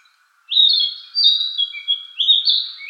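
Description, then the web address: Narcissus flycatcher singing clear whistled phrases, each note sliding and warbling, several short bursts with brief gaps over about two and a half seconds. Recorded 13 May 2014. "birdenaga kibitaki S 140513"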